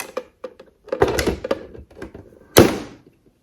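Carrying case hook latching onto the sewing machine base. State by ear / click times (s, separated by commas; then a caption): seated / 2.6 s. The hook of a Bernina 590 sewing machine's carrying case, also held by magnets, is pressed onto the machine base, with a few light knocks and handling thumps before it. It snaps in with a sharp click at 2.6 s, and the case is latched solidly so it will not fall off.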